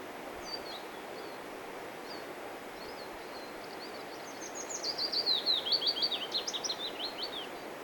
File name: Willow Warbler